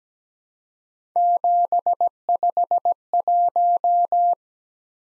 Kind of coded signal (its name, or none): Morse code